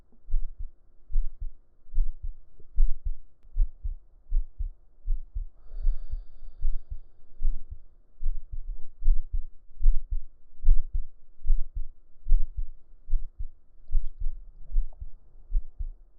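Steady low thumping heartbeat at about 73 beats a minute, heard with the ear laid on the chest under the shirt, with faint background hum.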